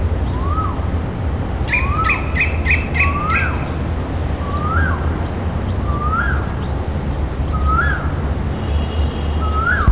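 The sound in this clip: Koel calls, a series of short rising then falling notes repeated about every second and a half, with a brief burst of harsher squawks early on, over a steady low rumble.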